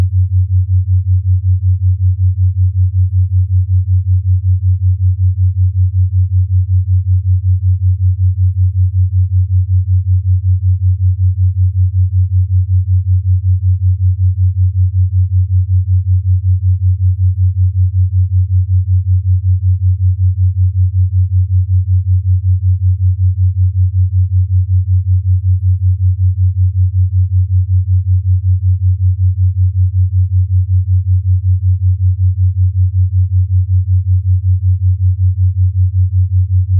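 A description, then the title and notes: Theta wave binaural beats: a pure, low tone holds steady for the whole clip, with a soft, rapid pulsing woven into it. Nothing else sounds, and the level never changes from start to finish. Theta Wave Binaural Beats.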